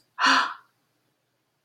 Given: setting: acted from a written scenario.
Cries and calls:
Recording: vocal sound without words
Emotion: negative surprise

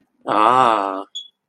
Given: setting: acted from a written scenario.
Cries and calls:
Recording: vocal sound without words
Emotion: interest

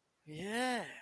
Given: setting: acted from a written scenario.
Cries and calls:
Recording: vocal sound without words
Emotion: positive surprise

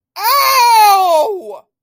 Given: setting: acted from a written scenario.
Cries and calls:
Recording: vocal sound without words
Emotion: pain

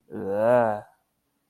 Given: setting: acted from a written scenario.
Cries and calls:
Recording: vocal sound without words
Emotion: disgust

